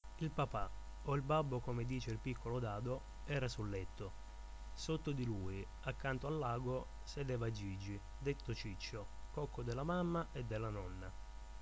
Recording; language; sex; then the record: read passage; Italian; male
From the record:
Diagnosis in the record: healthy control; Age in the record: 21 years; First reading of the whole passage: 51 s, 10.2 characters per second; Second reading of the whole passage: 47 s, 11.0 characters per second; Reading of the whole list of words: 60 s, 4.7 characters per second